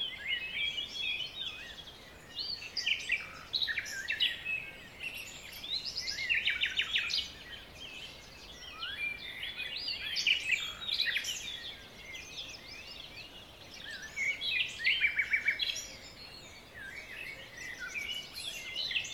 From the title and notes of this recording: The forest comes alive with the melodic chatter of songbirds. A gentle breeze rustles the leaves overhead, creating a soft murmur. Delicate notes of songbirds blending seamlessly with the soft rustle of leaves and the distant murmur of a babbling brook.